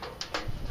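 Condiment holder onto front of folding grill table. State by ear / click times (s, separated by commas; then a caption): seated / 0.2 s. A steel condiment holder is pushed onto the front of an AOKEMAI folding grill table and snaps on, seating with a sharp click at 0.2 s. A broader knock of metal follows at about 0.3 s, and further handling noise continues to the end.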